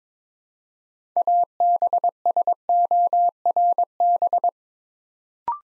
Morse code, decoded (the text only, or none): ABSORB